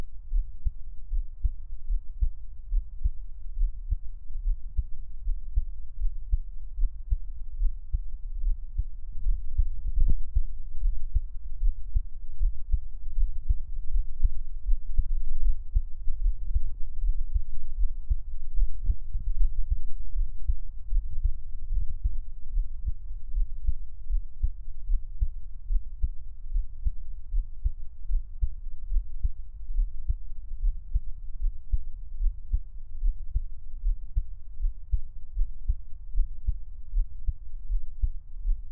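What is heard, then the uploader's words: A heartbeat thumps steadily throughout, low and muffled. The beats come at a regular, fairly quick pace with little change, over a soft dull rumble, with a slightly sharper knock near ten seconds. 獻上我的心跳 | Give my Heartbeat | NO Talking.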